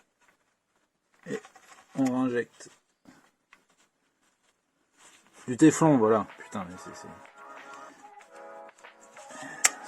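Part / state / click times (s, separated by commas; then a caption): torque wrench tightening the oil drain plug into the engine sump / torque reached / 9.7 s. A torque wrench tightens the metal drain plug, its thread wrapped in PTFE tape, into the engine oil sump until the wrench releases at its setting. Someone talks over music, followed by a few soft knocks. A sharp, loud click at 9.6 s confirms the plug has reached torque.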